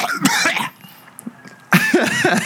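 Two harsh, noisy coughing bouts separated by a brief quiet pause, each with rough, throaty voicing. An adult man deliberately and exaggeratedly imitates the 'unhealthiest' cough, performed in jest rather than from real illness.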